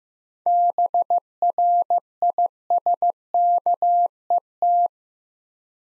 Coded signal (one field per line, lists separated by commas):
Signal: Morse code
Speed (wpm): 15 wpm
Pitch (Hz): 700 Hz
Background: none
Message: BRISKET